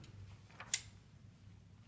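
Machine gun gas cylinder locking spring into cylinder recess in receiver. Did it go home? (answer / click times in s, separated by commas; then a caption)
yes / 0.7 s. On an M249 light machine gun, the metal gas cylinder is fully inserted through the bipod yoke into the receiver and rotated. Faint rubbing and a soft knock at 0.6 s lead into a sharp, bright click at 0.7 s as the locking spring snaps into the recess at the rear of the cylinder, seating it. Low steady hum runs underneath.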